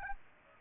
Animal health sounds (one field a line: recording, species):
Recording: mosquito wingbeat signal from an infrared sensor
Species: Aedes aegypti